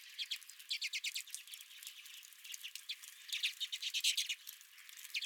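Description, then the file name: Redpolls chattering in rapid bursts of dry, buzzy notes, with softer twittering between the louder runs. Several redpolls at the recordist's own feeder. "Redpolls at My Feeder"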